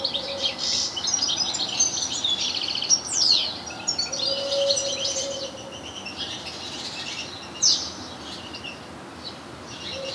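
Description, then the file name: European goldfinch twitter, busy high chirping with descending slurred notes, fading later, a low steady tone repeated in the background. "Carduelis carduelis"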